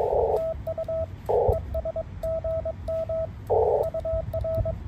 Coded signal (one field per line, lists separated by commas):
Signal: Morse code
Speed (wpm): 22 wpm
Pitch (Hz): 650 Hz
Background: radio noise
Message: TU ES GM UR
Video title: 2024-09-11 ham radio session